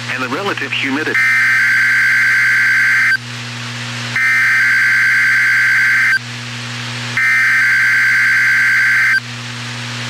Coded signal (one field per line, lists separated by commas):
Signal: Emergency Alert System (SAME) tones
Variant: header bursts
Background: speech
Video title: required weekly test wxk 91 Topeka kansas